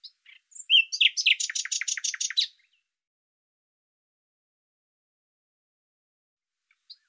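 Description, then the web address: Bird song: a few thin notes, then a fast rattling trill of roughly ten notes lasting under two seconds, followed by silence. "Deverinetal 2025"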